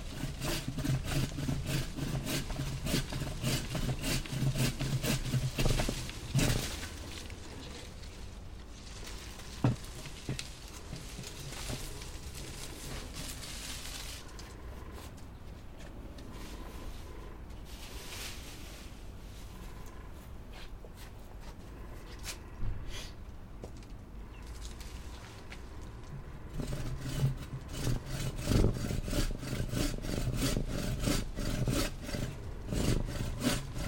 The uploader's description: cutting down two small apple trees in our backyard